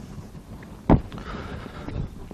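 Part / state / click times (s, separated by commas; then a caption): removable skeg and retaining clip going into the fin track of an inflatable paddle board / not seated / none. A removable plastic skeg and its retaining clip are handled beside the fin track under a Sea Eagle Longboard inflatable paddle board, with a loud thump near 0.9 s and light knocks around 0.6, 1.1, 1.2 and 2.3 s over low background rumble. These are handling noises only; the clip has not been pushed home and nothing has clicked or seated yet.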